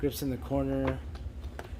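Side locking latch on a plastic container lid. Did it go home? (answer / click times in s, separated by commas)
yes / 1.6 s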